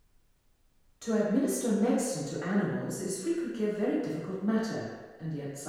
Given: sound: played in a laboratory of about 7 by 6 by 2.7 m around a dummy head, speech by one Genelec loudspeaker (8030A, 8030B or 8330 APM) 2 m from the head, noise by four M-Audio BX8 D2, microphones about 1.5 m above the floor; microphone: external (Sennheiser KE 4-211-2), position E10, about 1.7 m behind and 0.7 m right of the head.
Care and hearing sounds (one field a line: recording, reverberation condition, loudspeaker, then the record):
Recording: female speech in English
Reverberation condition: high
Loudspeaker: 120 degrees to the left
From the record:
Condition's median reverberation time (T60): about 1300 ms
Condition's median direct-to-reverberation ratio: about -4.0 dB